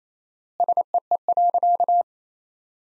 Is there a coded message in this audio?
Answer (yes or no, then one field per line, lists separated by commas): yes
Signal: Morse code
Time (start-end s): 0.6-2.0 s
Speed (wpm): 28 wpm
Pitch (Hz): 700 Hz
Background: none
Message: SEE.